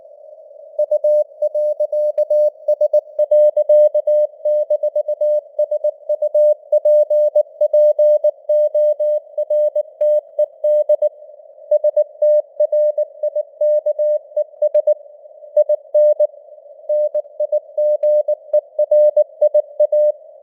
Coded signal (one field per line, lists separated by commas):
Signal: Morse code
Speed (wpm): 19 wpm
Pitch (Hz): 600 Hz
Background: none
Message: U.S.-SUPPORTED STRIKES IN NIGERIA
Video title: Morse Code News | 2025-12-27 | 19wpm